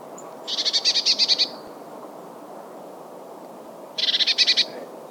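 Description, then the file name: Eurasian blue tit scolding: two rapid buzzy churring rattles of about eight to ten pulses each, roughly three and a half seconds apart, over soft background hiss. "Cyanistes caeruleus"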